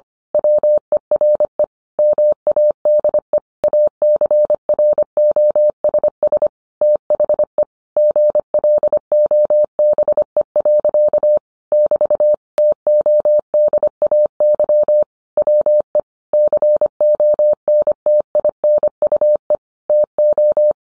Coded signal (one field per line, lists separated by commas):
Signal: Morse code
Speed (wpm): 25 wpm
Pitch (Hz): 600 Hz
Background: none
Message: WERE MADE ACROSS THE GLOBE. <BT> TODAY WE CONTINUE TO